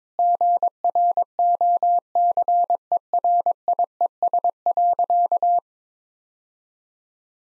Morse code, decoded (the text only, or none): GROCERIES.